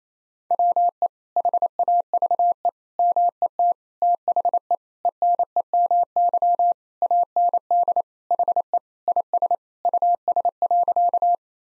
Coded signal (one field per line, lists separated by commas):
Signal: Morse code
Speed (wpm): 27 wpm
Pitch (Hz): 700 Hz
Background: none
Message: WE HAVE MET THE ENEMY AND HE IS US.